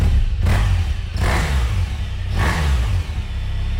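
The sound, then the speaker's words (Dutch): The engine of a motorcycle that has just had a major service revs in repeated bursts, rising to a throaty roar about three times over a steady low rumble, loud and with no one speaking. “Krijgt deze nou ook een onderhoudsbeurt? Ja, klopt. Ja. Deze heeft een grote onderhoud gehad.”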